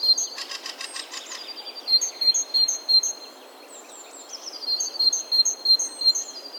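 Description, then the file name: Great tit song: a rattly buzz at the start, then a run of alternating high notes, a pause, and a second run near the end. "Parus major"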